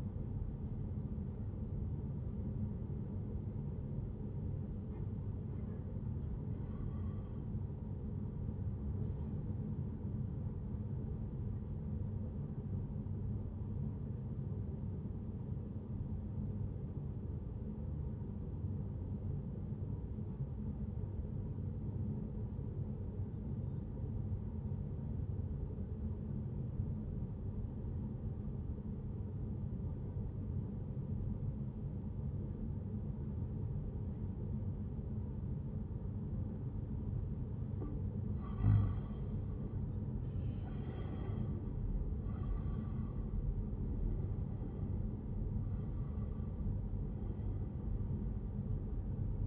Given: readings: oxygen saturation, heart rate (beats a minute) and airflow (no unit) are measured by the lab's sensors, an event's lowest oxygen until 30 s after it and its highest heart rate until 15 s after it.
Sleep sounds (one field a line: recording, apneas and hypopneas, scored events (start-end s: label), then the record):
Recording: breathing in sleep by a smartphone at the bedside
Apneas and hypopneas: 1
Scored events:
16.00-39.20 s: obstructive apnea (N1, oxygen 96% highest, then 88% lowest, heart rate 73 at the start, 87 highest)
25.00-49.47 s: new sleep stage, N2 (light sleep)
From the record:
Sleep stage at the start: N1 (lightest sleep)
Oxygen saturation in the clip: 89 to 96%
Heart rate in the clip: 73 to 87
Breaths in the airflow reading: 5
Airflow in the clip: -12.9 to 11.3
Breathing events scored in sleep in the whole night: 131 in 7.2 hours asleep